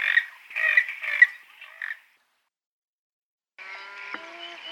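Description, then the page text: Grey-headed swamphen uttering rough, nasal honking notes in quick succession, then a silence, followed by a fainter passage of tonal notes. "Andrew Spencer - Султанка (Porphyrio poliocephalus)"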